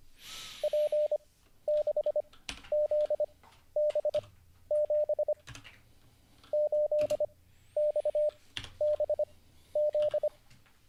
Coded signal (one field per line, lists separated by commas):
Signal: Morse code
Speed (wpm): 25 wpm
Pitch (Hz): 600 Hz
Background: none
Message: P6ZB7 8XBZ